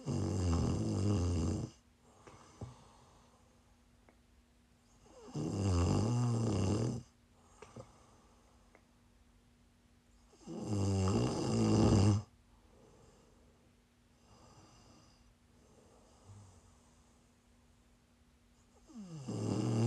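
Prime ASMR snoring from an adult woman asleep: loud, low-pitched snores roughly every five seconds, with quiet pauses between them.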